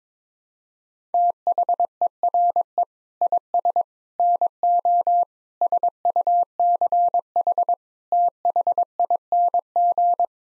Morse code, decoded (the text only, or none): THERE IS NO SUCH THING